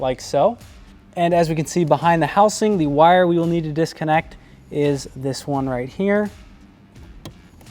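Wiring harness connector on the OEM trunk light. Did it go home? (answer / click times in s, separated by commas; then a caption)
released / 7.2 s. Someone talks through most of the clip while working on the plastic wiring connector behind the OEM trunk light housing of a C8, during a frunk and trunk light bar install. After the talking stops, a short sharp click at 7.3 s marks the connector being unlatched by pressing its push clip and pulled apart, followed by a fainter, longer sound at 7.6 s. The connector is unclipped and released, disconnecting the wire.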